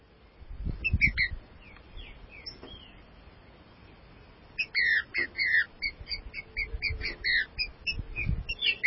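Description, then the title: Green-winged saltator song: slurred whistled notes in two bursts, the second a rapid run of downslurred phrases, with low rumbling noise. "Trinca Ferro"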